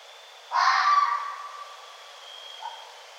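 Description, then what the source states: Red fox letting out one harsh, grating call, followed by a much softer short note, over a thin steady high hum. 1 November 2011.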